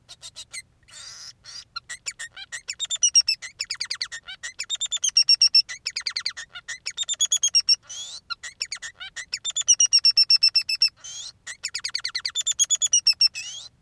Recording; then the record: song of a male Bengalese finch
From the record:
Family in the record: son of father 3